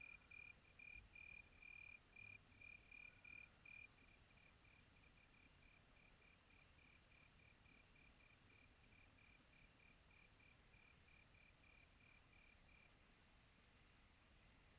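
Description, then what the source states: Cricket chirps, loud at first then fading to soft short pulses before stopping near the end, with a high insect hiss continuing in the background. Quiet tropical night.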